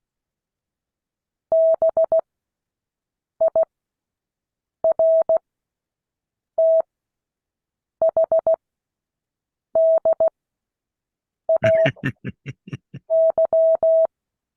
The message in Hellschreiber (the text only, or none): none